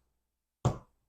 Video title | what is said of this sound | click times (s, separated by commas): FISH BONE TOYS Fight Club "Jack" (Edward Norton) | yeah I don't like it but I do like this this feature here I mean snaps right in look at this | 0.6 s